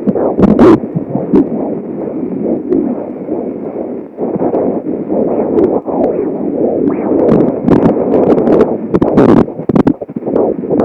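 A steady, muffled whooshing with fast rhythmic pulsing runs throughout, typical of a Doppler probe picking up a fetal heartbeat. This is the heartbeat of a fetus at 15 weeks of pregnancy, with some scraping probe noise in the background.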